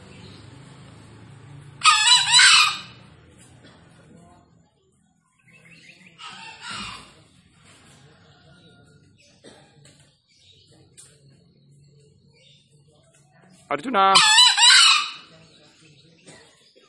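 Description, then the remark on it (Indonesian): Wild junglefowl crow back and forth, answering other junglefowl named Bina, Rangga, Bosman and Giant: two loud, harsh, high crows with a shorter, fainter one between them, spaced several seconds apart over a low steady background hum. “saling saut-sautan dengan ayam hutan yang lain, si Bina, si Rangga, Bosman dan si Giant.”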